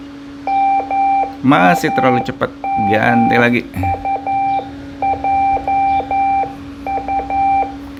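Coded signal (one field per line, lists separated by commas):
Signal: Morse code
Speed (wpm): 11 wpm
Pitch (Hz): 790 Hz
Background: speech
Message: MAMUJU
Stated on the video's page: Morse from an ARDF fox-hunting beacon.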